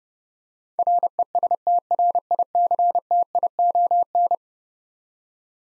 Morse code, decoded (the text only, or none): RESTRICTION